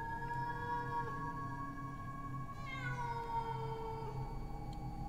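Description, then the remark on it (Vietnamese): A stray female cat in heat yowls at night in a cemetery, a long, drawn-out wail, its pitch bending and sliding in a continuous, mournful caterwaul over a low steady hum, with no talking. “Đâu đây trong nghĩa địa chắc là có con mèo cái động đực đi hoang cứ kêu đến não cả lòng tổ sư cha.”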